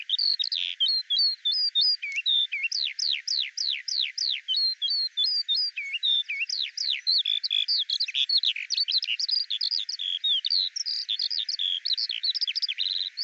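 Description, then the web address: Eurasian skylark song, a continuous rapid warble of sharp down-slurred chirps and high twittering phrases that keep changing without pause. "Deverinetal 2025 File cleaned normalized Bird Al Ar"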